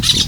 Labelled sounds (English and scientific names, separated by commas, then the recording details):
Brown-throated Parakeet (Eupsittula pertinax) contact call
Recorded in Venezuela
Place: Guárico; Corozopando; Fundo La Fe
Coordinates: 8.506, -67.593